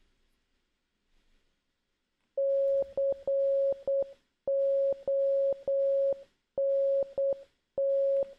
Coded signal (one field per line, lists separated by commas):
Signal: Morse code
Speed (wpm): 8 wpm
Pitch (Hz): 550 Hz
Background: none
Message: CONT